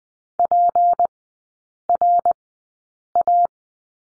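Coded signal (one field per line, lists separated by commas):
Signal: Morse code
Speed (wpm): 20 wpm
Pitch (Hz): 700 Hz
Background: none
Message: PRA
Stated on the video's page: Morse course lesson on the letter P in three-character groups, at Farnsworth speed 20/10 wpm.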